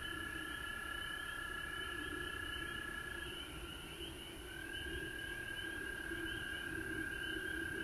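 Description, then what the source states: Frogs trill in an unbroken chorus, a lower droning layer beneath, with faint rising notes repeated throughout. Recorded at home in Georgia on March 19, 2020.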